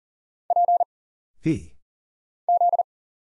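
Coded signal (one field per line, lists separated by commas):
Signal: Morse code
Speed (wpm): 40 wpm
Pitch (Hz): 700 Hz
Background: none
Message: P Z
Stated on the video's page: Single characters (letters, numbers, punctuation, prosigns) at 40 wpm as an instant character recognition drill; each is sent, spoken, then sent again.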